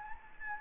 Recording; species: mosquito wingbeat signal from an infrared sensor; Anopheles gambiae